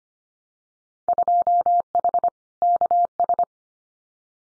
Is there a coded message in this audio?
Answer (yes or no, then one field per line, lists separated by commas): yes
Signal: Morse code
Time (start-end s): 1.1-3.4 s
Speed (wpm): 25 wpm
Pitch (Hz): 700 Hz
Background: none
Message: 2H KS